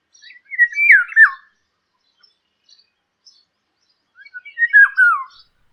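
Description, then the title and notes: Indian Golden Oriole singing two mellow, whistled, descending phrases a few seconds apart, with faint high chirps between them. Generalist feeder; forages in large fruiting trees such as banyan, peepal and figs. "Indian Golden Oriole - Peter Boesman"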